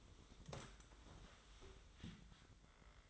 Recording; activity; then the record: daily activity, microphone in the room; sit down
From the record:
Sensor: 3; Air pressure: 1005.0 hPa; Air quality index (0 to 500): 93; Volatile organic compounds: 3 ppm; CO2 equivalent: 1441 ppm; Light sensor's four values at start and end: 9/21/9/8 and 9/21/9/9